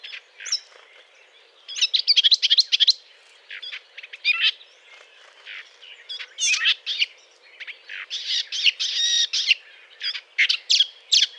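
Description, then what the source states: Eurasian blackcap courtship song: quick scratchy warbled bursts separated by brief silences, some phrases rising to sharp high squeaks, against a quiet background. Courtship song; 20 April 2009.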